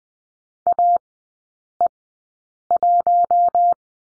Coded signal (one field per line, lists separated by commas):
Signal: Morse code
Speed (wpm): 20 wpm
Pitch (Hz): 700 Hz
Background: none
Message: AE1